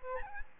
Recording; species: mosquito wingbeat signal from an infrared sensor; Aedes albopictus